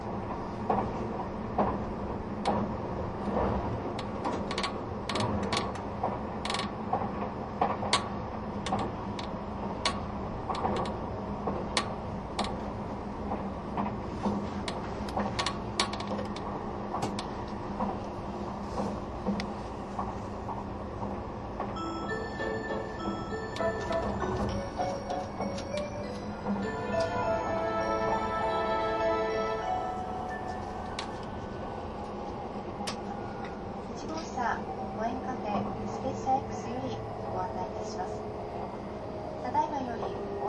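Running sound recorded aboard the Spacia X No. 7 limited express: a steady low rumble with a constant hum, dotted throughout by sharp clicks and knocks. Around 22 to 30 seconds, shrill squealing tones rise over the rolling noise, then fade back to the even rumble.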